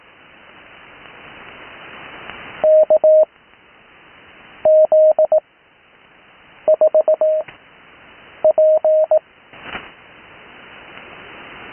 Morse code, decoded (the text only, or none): KZ4P